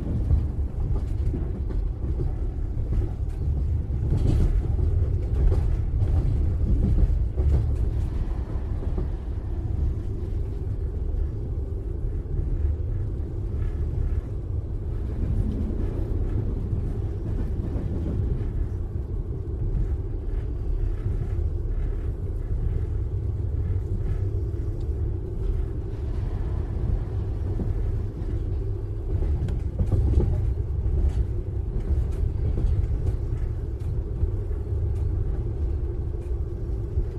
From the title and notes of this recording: Train Ride Sound. The perfect background white noise and rhythmic pulsing of the tracks with the delicate sounds of an night train carriage.